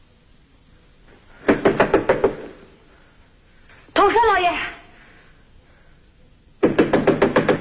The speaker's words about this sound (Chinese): 这时传来敲门声，是雅果的妻子艾米莉亚